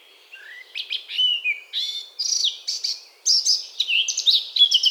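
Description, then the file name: Eurasian blackcap song, a varied warble of quick whistled and chattering phrases that climb higher and grow louder toward the end, with short pauses between bursts. "Sylvia atricapilla"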